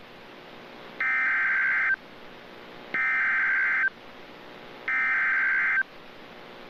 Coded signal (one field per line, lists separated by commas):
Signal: Emergency Alert System (SAME) tones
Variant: header bursts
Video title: (EAS #14) Severe Thunderstorm Warning (4/16/2024)